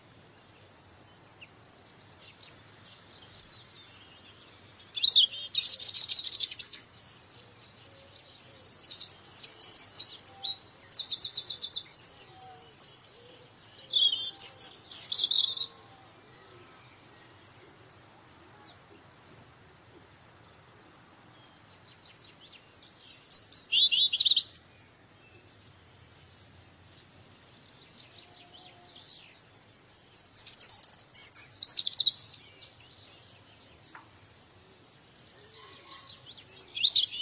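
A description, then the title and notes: Birds chirp in bright, high bursts around 5, 10–15, 24 and 30 seconds, with quiet gaps and a faint low hum between. Birds Chirping.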